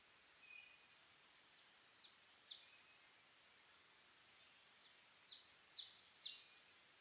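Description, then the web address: Bird chirps, faint and sparse: short high sliding notes in a few small bursts separated by quiet hiss. Dawn chorus (reimei) of birdsong (saezuri), 10 May 2010, 04:01, recorded with a DH-D50. "reimei -saezuri-20100510-0401"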